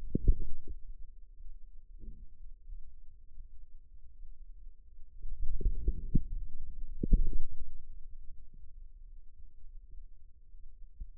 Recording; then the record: forearm muscle sounds (acoustic myography)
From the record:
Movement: outward rotation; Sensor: system 2, bracelet of six BSWA MPA416 microphones around the upper forearm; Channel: 1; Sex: male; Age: 22 years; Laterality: right